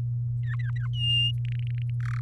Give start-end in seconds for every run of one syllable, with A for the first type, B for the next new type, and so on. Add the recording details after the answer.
0.43-0.87 A, 0.93-1.31 B, 1.38-1.90 C, 2.00-2.20 D. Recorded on 8 May 2018 at 14:29. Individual llb16